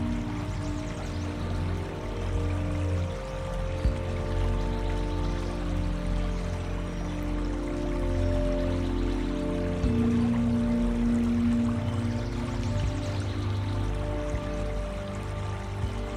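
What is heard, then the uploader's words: Nature sounds: a steady, dense trickle of running water, low, with a brief low tonal hum around ten seconds. Nature Sounds.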